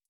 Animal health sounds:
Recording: hydrophone in a shrimp aquaculture tank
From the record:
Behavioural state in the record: feeding

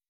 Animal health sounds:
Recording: hydrophone in a shrimp aquaculture tank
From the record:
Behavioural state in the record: weakened

